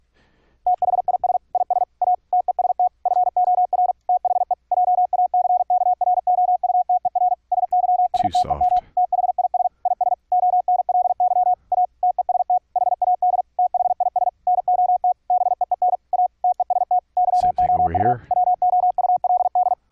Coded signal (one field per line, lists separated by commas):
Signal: Morse code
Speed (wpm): 46 wpm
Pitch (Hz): 720 Hz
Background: speech, radio noise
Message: THIS IS A TEST FOR THE JACKROUTER SYSTEM THIS IS ONLY A TEST HAD THIS NOT BEEN A TEST YOU WOULD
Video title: Morse Code QSO over the internet - software setup - config 8 - Jackrouter - 555 cpo